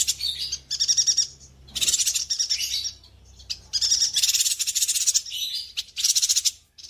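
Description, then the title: Streaked spiderhunter giving rapid, buzzy chattering bursts of high notes separated by short pauses. Long, clear, vigorous singing (gacor) meant as a song-tutor (masteran) for birds. "Pijantung Gunung Gacor Jernih Panjang"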